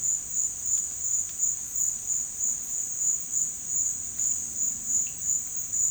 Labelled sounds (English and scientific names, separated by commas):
none